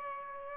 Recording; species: mosquito wingbeat signal from an infrared sensor; Aedes aegypti